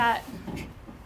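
A removable saddle rack post is being handled at its wall mount in the tack area of a 2019 Cimarron Norstar 2HGN horse trailer, with a locking pin to follow once it is in place. Someone talks throughout, with only faint low handling sounds underneath. Nothing has seated or clicked yet; the post is not yet home.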